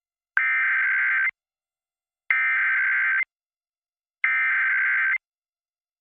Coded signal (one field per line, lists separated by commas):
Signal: Emergency Alert System (SAME) tones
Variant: header bursts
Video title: EAS Child Abduction Emergency (AMBER Alert) Washington Statewide Alert